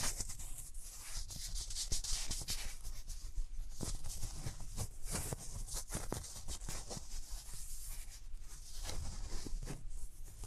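Hands rub over the ears close up, making a dense, continuous rustling and scratching that stays bright and hissy throughout. Quick soft thumps and crackles break through every second or so, with a low rumble underneath. No voice is heard.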